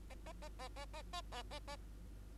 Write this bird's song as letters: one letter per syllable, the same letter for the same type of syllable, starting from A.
A A A A A A A A A A